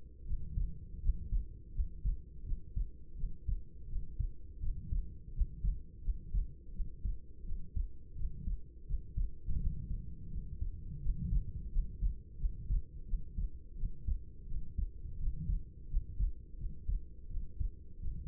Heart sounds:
heart sounds by stethoscope; 85 bpm
0.24 s: heartbeat
1.00 s: heartbeat
1.72 s: heartbeat
2.43 s: heartbeat
3.15 s: heartbeat
3.87 s: heartbeat
4.60 s: heartbeat
5.32 s: heartbeat
6.02 s: heartbeat
6.72 s: heartbeat
7.43 s: heartbeat
8.14 s: heartbeat
8.85 s: heartbeat
9.58 s: heartbeat
10.29 s: heartbeat
11.00 s: heartbeat
11.70 s: heartbeat
12.37 s: heartbeat
13.05 s: heartbeat
13.75 s: heartbeat
14.46 s: heartbeat
15.17 s: heartbeat
15.88 s: heartbeat
16.57 s: heartbeat
17.28 s: heartbeat
17.99 s: heartbeat
From the record:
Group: healthy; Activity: rest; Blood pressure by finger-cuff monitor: 105/61 mmHg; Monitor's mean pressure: 76 mmHg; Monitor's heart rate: 84 bpm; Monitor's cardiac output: 6.9 L/min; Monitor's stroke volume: 84 mL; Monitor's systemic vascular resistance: 770 dyn s/cm5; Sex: female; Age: 26 years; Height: 165 cm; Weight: 55 kg

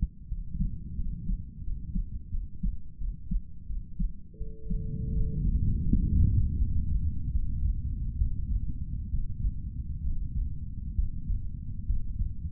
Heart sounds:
heart sounds by stethoscope; 78 bpm
0.28 s: heartbeat
0.97 s: heartbeat
1.64 s: heartbeat
2.31 s: heartbeat
2.98 s: heartbeat
3.67 s: heartbeat
4.38 s: heartbeat
5.12 s: heartbeat
5.85 s: heartbeat
6.57 s: heartbeat
7.31 s: heartbeat
8.17 s: heartbeat
9.09 s: heartbeat
10.02 s: heartbeat
10.94 s: heartbeat
11.85 s: heartbeat
From the record:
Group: healthy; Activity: rest 0-4 s, breath hold 4-13 s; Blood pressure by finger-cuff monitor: 112/58 mmHg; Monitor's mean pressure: 74 mmHg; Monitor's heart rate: 82 bpm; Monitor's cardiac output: 8.6 L/min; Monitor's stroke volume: 106 mL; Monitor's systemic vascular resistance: 630 dyn s/cm5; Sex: male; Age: 35 years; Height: 180 cm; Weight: 86.9 kg

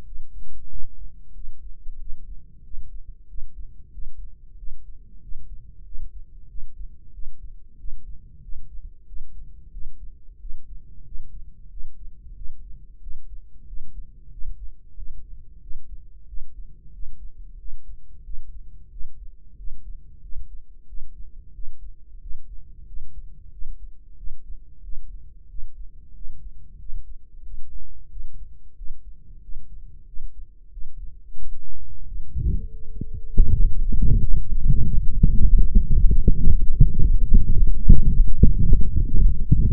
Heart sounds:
heart sounds by microphone in the right ear; 93 bpm
0.07 s: heartbeat
0.71 s: heartbeat
1.36 s: heartbeat
2.01 s: heartbeat
2.65 s: heartbeat
3.30 s: heartbeat
3.94 s: heartbeat
4.59 s: heartbeat
5.23 s: heartbeat
5.86 s: heartbeat
6.50 s: heartbeat
7.14 s: heartbeat
7.80 s: heartbeat
8.44 s: heartbeat
9.08 s: heartbeat
9.73 s: heartbeat
10.41 s: heartbeat
11.06 s: heartbeat
11.72 s: heartbeat
12.37 s: heartbeat
13.02 s: heartbeat
13.68 s: heartbeat
14.33 s: heartbeat
14.97 s: heartbeat
15.62 s: heartbeat
16.29 s: heartbeat
16.94 s: heartbeat
17.60 s: heartbeat
18.25 s: heartbeat
18.92 s: heartbeat
19.59 s: heartbeat
20.24 s: heartbeat
20.89 s: heartbeat
21.55 s: heartbeat
22.22 s: heartbeat
22.88 s: heartbeat
23.53 s: heartbeat
24.18 s: heartbeat
24.84 s: heartbeat
25.50 s: heartbeat
26.16 s: heartbeat
26.81 s: heartbeat
27.45 s: heartbeat
28.11 s: heartbeat
28.78 s: heartbeat
29.43 s: heartbeat
30.08 s: heartbeat
30.73 s: heartbeat
31.39 s: heartbeat
32.07 s: heartbeat
32.73 s: heartbeat
33.38 s: heartbeat
34.00 s: heartbeat
34.60 s: heartbeat
35.20 s: heartbeat
35.79 s: heartbeat
36.37 s: heartbeat
36.95 s: heartbeat
37.54 s: heartbeat
38.11 s: heartbeat
38.68 s: heartbeat
39.24 s: heartbeat
From the record:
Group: healthy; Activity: rest 0-33 s, light exercise 33-40 s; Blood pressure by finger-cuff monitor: 141/70 mmHg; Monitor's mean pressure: 90 mmHg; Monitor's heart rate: 92 bpm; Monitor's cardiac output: 8.4 L/min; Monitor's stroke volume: 90 mL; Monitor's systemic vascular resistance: 790 dyn s/cm5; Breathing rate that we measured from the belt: 20 breaths a minute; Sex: male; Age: 21 years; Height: 175 cm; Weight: 72.6 kg

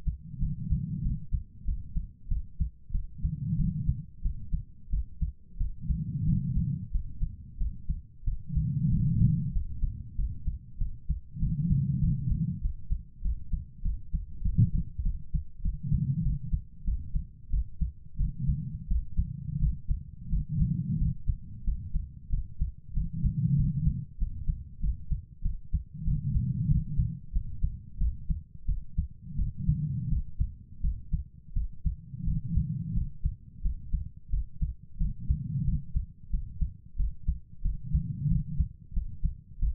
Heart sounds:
heart sounds by stethoscope; 92 bpm
0.38 s: heartbeat
1.01 s: heartbeat
1.64 s: heartbeat
2.27 s: heartbeat
2.90 s: heartbeat
3.55 s: heartbeat
4.21 s: heartbeat
4.89 s: heartbeat
5.56 s: heartbeat
6.24 s: heartbeat
6.90 s: heartbeat
7.57 s: heartbeat
8.23 s: heartbeat
8.88 s: heartbeat
9.51 s: heartbeat
10.15 s: heartbeat
10.77 s: heartbeat
11.38 s: heartbeat
11.99 s: heartbeat
12.60 s: heartbeat
13.21 s: heartbeat
13.81 s: heartbeat
14.41 s: heartbeat
15.02 s: heartbeat
15.61 s: heartbeat
16.21 s: heartbeat
16.83 s: heartbeat
17.49 s: heartbeat
18.16 s: heartbeat
18.86 s: heartbeat
19.58 s: heartbeat
20.28 s: heartbeat
20.97 s: heartbeat
21.63 s: heartbeat
22.29 s: heartbeat
22.92 s: heartbeat
23.55 s: heartbeat
24.17 s: heartbeat
24.79 s: heartbeat
25.41 s: heartbeat
26.03 s: heartbeat
26.67 s: heartbeat
27.31 s: heartbeat
27.97 s: heartbeat
28.64 s: heartbeat
29.34 s: heartbeat
30.07 s: heartbeat
30.80 s: heartbeat
31.52 s: heartbeat
32.23 s: heartbeat
32.92 s: heartbeat
33.61 s: heartbeat
34.29 s: heartbeat
34.97 s: heartbeat
35.63 s: heartbeat
36.29 s: heartbeat
36.95 s: heartbeat
37.61 s: heartbeat
38.27 s: heartbeat
38.92 s: heartbeat
39.58 s: heartbeat
From the record:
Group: healthy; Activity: cold pressor test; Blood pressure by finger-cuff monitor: 134/83 mmHg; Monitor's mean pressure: 100 mmHg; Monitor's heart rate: 92 bpm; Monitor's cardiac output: 7.4 L/min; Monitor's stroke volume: 80 mL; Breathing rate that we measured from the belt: 21 breaths a minute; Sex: female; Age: 32 years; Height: 172 cm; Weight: 71.7 kg

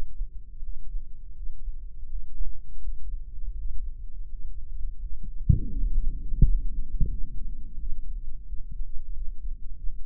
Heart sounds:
heart sounds by microphone in the right ear; 85 bpm
0.58 s: heartbeat
1.32 s: heartbeat
2.05 s: heartbeat
2.78 s: heartbeat
3.53 s: heartbeat
4.25 s: heartbeat
4.97 s: heartbeat
5.69 s: heartbeat
6.40 s: heartbeat
7.09 s: heartbeat
7.77 s: heartbeat
8.46 s: heartbeat
9.12 s: heartbeat
9.74 s: heartbeat
From the record:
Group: healthy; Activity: breath hold 0-5 s, rest 5-10 s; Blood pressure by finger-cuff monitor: 115/86 mmHg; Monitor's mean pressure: 93 mmHg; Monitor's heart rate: 82 bpm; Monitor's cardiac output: 5.9 L/min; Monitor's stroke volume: 71 mL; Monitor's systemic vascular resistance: 1170 dyn s/cm5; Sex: male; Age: 21 years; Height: 180 cm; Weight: 67.5 kg

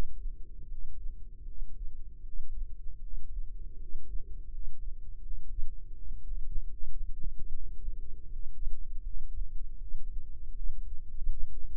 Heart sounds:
heart sounds by microphone in the left ear; 79 bpm
0.67 s: heartbeat
1.45 s: heartbeat
2.23 s: heartbeat
3.01 s: heartbeat
3.78 s: heartbeat
4.49 s: heartbeat
5.21 s: heartbeat
5.95 s: heartbeat
6.71 s: heartbeat
7.50 s: heartbeat
8.29 s: heartbeat
9.03 s: heartbeat
9.78 s: heartbeat
10.53 s: heartbeat
11.26 s: heartbeat
From the record:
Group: healthy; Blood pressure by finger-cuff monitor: 97/56 mmHg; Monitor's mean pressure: 68 mmHg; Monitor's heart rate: 80 bpm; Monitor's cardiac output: 7.5 L/min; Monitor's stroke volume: 95 mL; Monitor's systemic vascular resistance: 650 dyn s/cm5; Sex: male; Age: 19 years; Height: 178 cm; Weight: 83 kg

